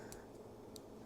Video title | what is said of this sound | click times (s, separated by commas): Apple Watch Ultra 3 Unboxing This Thing Is INSANE! 🤯 | There we go. Heard the click. | 0.8 s